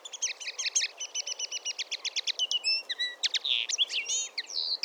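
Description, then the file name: Common linnet song: a fast, lively twitter of varied chirps and short trills. Bright high notes repeat in quick runs, then shift into slurred whistles and buzzy phrases. "Linotte-mélodieuse-Linaria-cannabina"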